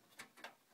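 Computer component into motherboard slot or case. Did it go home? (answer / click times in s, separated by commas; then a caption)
no / none. While a desktop PC is being assembled, a computer component is pushed toward its slot on the motherboard or in the case. Soft, broadband scraping and handling noises come at about 0.2 s and 0.45 s, with the sound rising sharply at the very end. Nothing has seated or clicked yet.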